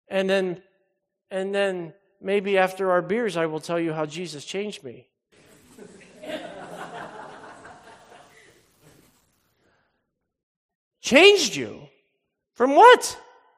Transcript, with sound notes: And then maybe after our beers I will tell you how Jesus changed me." (congregation laughing) Changed you, from what?